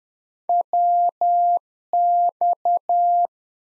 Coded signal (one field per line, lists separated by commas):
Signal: Morse code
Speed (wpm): 10 wpm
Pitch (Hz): 700 Hz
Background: none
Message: WX